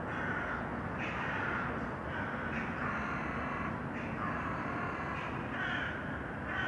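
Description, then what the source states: Crow caws, a steady run of harsh calls over continuous low background noise. Urban crows; recording processed, detuned.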